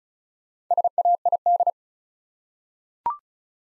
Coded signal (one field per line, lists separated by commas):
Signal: Morse code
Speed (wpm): 36 wpm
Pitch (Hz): 700 Hz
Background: none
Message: SAID